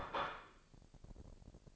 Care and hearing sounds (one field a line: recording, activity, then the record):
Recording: daily activity, microphone in the room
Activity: place plate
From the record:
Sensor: 5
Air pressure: 1007.6 hPa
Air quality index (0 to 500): 88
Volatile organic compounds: 1 ppm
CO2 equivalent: 696 ppm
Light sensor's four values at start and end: 35/83/34/35 and 35/83/34/35